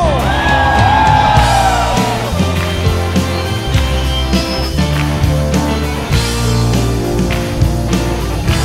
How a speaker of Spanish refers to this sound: ¿Cuántos elevan un fuerte grito de júbilo?